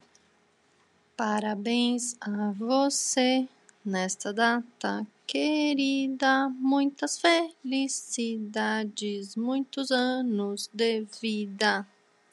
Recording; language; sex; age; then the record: short text; Brazilian Portuguese; female; 30 to 39 years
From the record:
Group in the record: control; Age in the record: 39 years